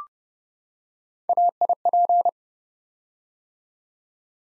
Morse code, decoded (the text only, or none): AIP